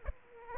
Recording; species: mosquito wingbeat signal from an infrared sensor; Aedes aegypti